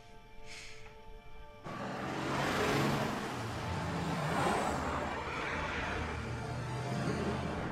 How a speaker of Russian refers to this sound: По пыльной дороге в ряд едут машины спецов.